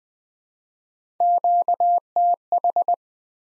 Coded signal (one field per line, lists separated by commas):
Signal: Morse code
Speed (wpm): 20 wpm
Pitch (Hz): 700 Hz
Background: none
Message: QTH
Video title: Top 20 QSO Elements 20wpm